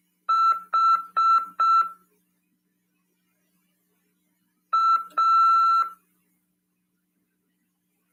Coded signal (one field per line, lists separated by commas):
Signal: Morse code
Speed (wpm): 6 wpm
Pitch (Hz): 1340 Hz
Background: none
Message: H A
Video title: RADIOAMADOR 24/9/2022 "AULA 9: CW, C. RODADA e LEGISLAÇÃO" PY2EXU PAULO SP/SP 22 ANOS de RAF/CRASP.